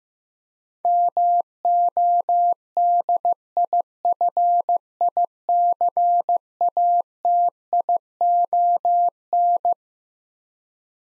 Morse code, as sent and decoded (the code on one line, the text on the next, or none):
-- --- -.. .. ..-. .. -.-. .- - .. --- -.
MODIFICATION